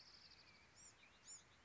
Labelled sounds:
Bewick's Wren (Thryomanes bewickii)

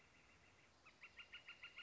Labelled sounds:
Northern Flicker (Colaptes auratus)

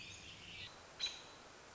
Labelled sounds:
American Robin (Turdus migratorius)

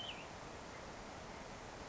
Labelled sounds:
Cassin's Vireo (Vireo cassinii)

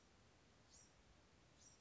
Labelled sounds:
Bewick's Wren (Thryomanes bewickii)

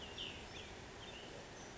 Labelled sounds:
Cassin's Vireo (Vireo cassinii)

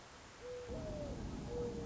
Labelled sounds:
Mourning Dove (Zenaida macroura)

